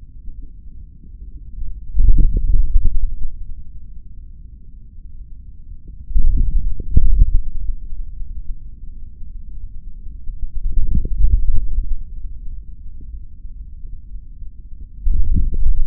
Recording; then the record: forearm muscle sounds (acoustic myography)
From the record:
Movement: hand closing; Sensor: system 3, bracelet of six PUI Audio POM-2738L microphones around the upper forearm, with dedicated amplification and filtering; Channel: 1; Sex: male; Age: 26 years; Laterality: right